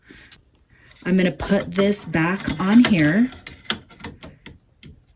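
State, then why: Not seated. Someone talks while handling the latch part of a Brother Flat Brim Cap Frame Set, putting it back onto the cap frame used for embroidering hats on a Brother PR680W multi-needle machine. Several short, sharp plastic taps follow the talking at about 3.7, 4.0, 4.2, 4.5 and 4.8 seconds. The part has not seated or locked yet.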